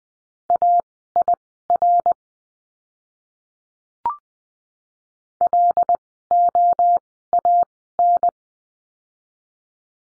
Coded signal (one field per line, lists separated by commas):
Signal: Morse code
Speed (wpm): 20 wpm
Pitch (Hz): 700 Hz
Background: none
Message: AIR LOAN